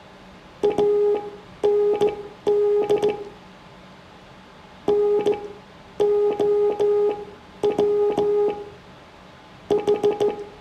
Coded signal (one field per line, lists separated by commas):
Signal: Morse code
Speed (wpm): 16 wpm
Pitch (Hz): 410 Hz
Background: music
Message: AND NOW H